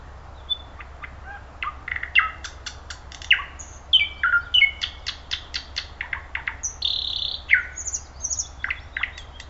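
Thrush nightingale song with dense bursts of clicks, fluty downslurred whistles and harsh buzzy notes, delivered continuously and richly varied.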